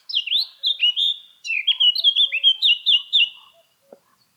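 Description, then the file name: Eurasian blackcap song: a rich series of loud, fluty whistled phrases, each note sliding down, delivered quickly in three bursts over about three and a half seconds, then silence. "Sylvia atricapilla"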